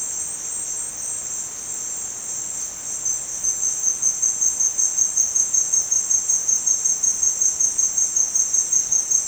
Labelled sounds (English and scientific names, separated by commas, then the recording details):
none
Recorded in dense forest near Puerto Asís, Putumayo, Colombia, on 29 June 2025 at 16:00
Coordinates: 0.484, -76.317
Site G045